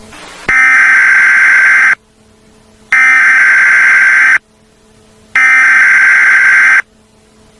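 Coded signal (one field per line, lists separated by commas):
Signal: Emergency Alert System (SAME) tones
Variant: header bursts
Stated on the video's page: Fictional EAS scenario, not a real alert.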